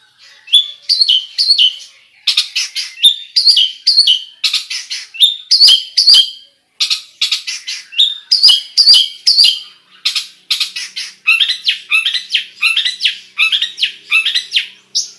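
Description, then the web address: Long-tailed shrike pouring out a continuous song of rapid scratchy notes and downward-sliding whistles, phrases tumbling one after another with barely a pause. Full song with imitated phrases of other sounds, described as gacor style. "cendet suara-cendet-gacor-full-isian"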